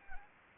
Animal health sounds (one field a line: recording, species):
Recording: mosquito wingbeat signal from an infrared sensor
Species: Anopheles gambiae